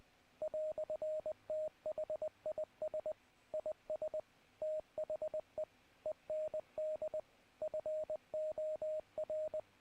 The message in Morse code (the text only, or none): "THIS IS THE END FOR